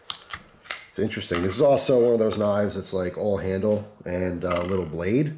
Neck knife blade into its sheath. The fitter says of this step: don't know really smooth resistance and it just snaps in place where it has to be it's